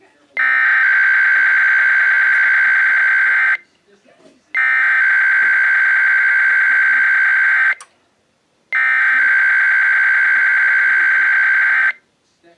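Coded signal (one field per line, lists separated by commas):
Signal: Emergency Alert System (SAME) tones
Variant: header bursts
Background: speech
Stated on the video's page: IPAWS weekly test relayed by EASyCAST and Sage equipment, from an FM 105.9 station in Phillipsburg.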